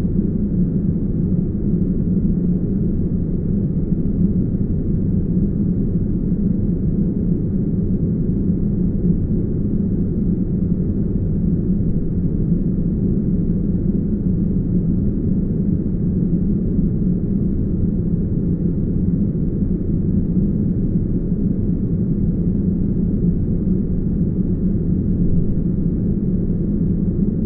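Uninterrupted brown noise, a deep, dense rumble that holds perfectly steady for the whole clip. The sound sits low and muffled, with nothing bright above it, and there are no events, swells or pauses, just a constant roar like heavy traffic.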